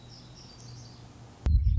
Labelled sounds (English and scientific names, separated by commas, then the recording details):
Black-throated Gray Warbler (Setophaga nigrescens)
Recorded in Sonoma County, California